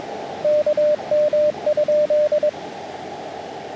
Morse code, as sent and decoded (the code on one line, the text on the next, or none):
-.- -- ..--..
KM?